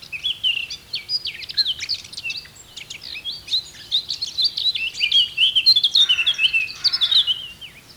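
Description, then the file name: Eurasian blackcap warbling steadily for eight seconds, a fast jumble of varied bright notes, some rising and some falling, with no pauses. "Sylvia atricapilla"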